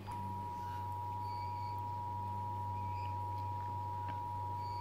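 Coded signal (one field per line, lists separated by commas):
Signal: Emergency Alert System (SAME) tones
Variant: 853 and 960 Hz attention tone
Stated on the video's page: National EAS Test of 2016 received on TV with clear audio and no feedback loop.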